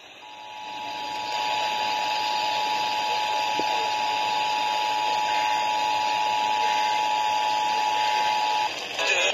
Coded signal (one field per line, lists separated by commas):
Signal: Emergency Alert System (SAME) tones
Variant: 853 and 960 Hz attention tone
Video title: Those Spooky Feelings | EAS Tests From 10/4/2022 (EAS #1,750-1,759)